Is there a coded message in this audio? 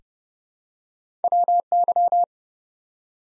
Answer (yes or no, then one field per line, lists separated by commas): yes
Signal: Morse code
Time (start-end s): 1.2-2.2 s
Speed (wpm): 30 wpm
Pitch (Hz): 700 Hz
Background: none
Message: WY